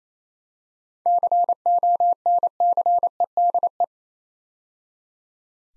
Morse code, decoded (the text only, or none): CONCEDE